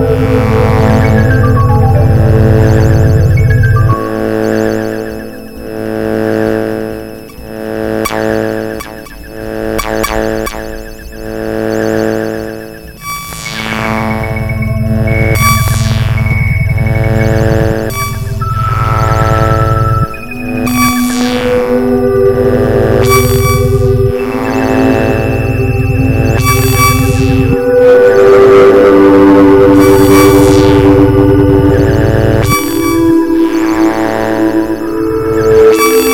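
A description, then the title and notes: A mix of environmental sounds and hard blips: a deep droning bed shifts in blocks while sharp bright blips and falling sweeps repeat throughout. The transmissions are a mix of environmental sounds and these hard blips.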